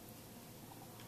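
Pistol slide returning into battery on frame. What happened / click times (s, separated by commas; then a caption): Handled, not yet home: no seating snap yet / none. A Glock pistol is being handled after reassembly, with the slide about to be released to run forward onto the steel barrel and frame and snap into battery. Only a steady, low background hiss with faint ticking is heard, and no sharp sounds occur. Nothing has seated or clicked yet.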